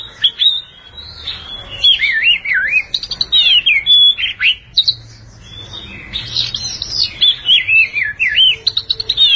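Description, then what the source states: Oriental magpie-robin singing a continuous, varied phrase of wavering whistles and quick rising and falling slurs, with short clicky notes and a brief lull near the middle. Long-duration song.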